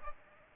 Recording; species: mosquito wingbeat signal from an infrared sensor; Aedes aegypti